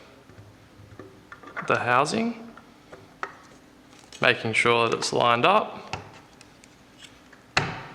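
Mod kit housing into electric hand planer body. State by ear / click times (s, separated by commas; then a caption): seated / 7.6 s. The housing of a surfboard planer mod kit is lined up and pushed onto a Hitachi P20SB electric hand planer body while someone talks. A few faint taps and knocks follow, and the housing clicks into place with a sharp snap at 7.6 seconds.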